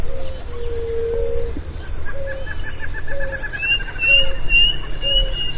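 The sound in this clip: Bird calls, short low whistled notes repeated about once a second, joined by a rapid series of higher notes, all against a continuous high-pitched insect buzz.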